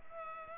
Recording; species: mosquito wingbeat signal from an infrared sensor; Culex pipiens